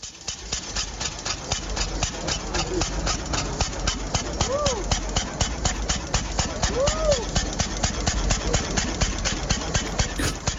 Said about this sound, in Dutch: Ja, en de originele Benz-auto bestaat nog steeds en wordt ceremonieel soms nog aangezet. En dat klinkt dan weer heel anders.